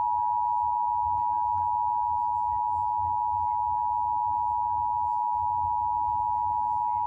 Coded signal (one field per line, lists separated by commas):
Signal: Emergency Alert System (SAME) tones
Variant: 853 and 960 Hz attention tone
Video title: Required monthly tests (EAS #48-56) 11/1/2021